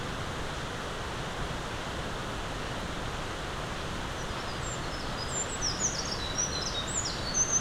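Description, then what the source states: Eurasian wren giving a brisk, high-pitched string of sharp chips and short trills near the end, with a continuous rushing noise throughout. Recorded 20 April 2026.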